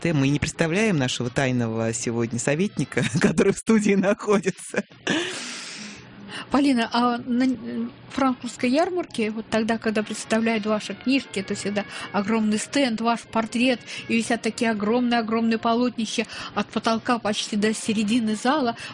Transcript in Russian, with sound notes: Мы не представляем нашего тайного сегодня советника, который в студии находится (смеется) Полина, на франкфуртской ярмарке, когда представляли ваши книжки, это всегда огромный стенд, ваш портрет и висят такие огромные-огромные полотнища от потолка почти до середины зала.